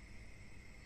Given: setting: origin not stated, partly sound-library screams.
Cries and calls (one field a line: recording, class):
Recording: one-second piece from a danger detection set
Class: normal situation